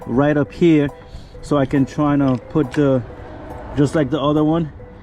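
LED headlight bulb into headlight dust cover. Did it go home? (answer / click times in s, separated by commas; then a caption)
no / none. Someone talks while handling an LED headlight bulb for a 2013-15 Toyota RAV4, whose aluminum base has been shaved slightly so it can be pushed into the headlight dust cover on the second side. Only speech is heard, with no distinct click. Nothing has seated or clicked yet.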